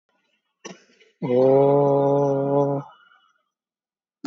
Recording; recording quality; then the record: sustained vowel as in boot; excellent, no background noise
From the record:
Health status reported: COVID-19 positive, moderate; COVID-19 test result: positive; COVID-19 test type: RT-PCR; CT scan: taken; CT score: 10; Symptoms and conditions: cough, cold, fever, fatigue, muscle pain, loss of smell and taste, diarrhoea, diabetes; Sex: male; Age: 47 years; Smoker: no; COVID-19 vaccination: none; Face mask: worn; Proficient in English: yes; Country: India